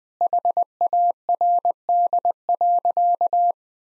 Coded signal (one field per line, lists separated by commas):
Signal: Morse code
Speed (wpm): 21 wpm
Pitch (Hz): 700 Hz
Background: none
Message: HARD.